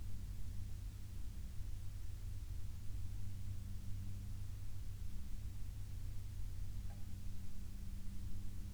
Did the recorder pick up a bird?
no